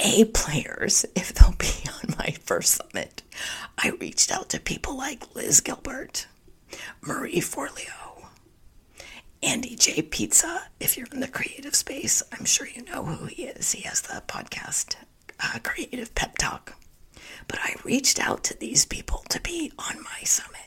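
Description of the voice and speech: An adult woman speaks fluently in a breathy, near-whispered, intermittently creaky voice that sounds like laryngitis: spasmodic dysphonia, a focal voice spasm disorder, ongoing and being worked through.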